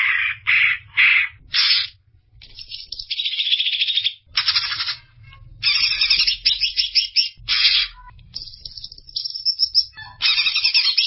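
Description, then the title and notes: Greater green leafbird song delivered as a rapid series of harsh, chattering bursts and buzzy trills with brief gaps between them, over a faint low rumble. Described as a champion songbird. "Kicau Burung Cucak Ijo Juara. Suara kicauan burung cucak ijo"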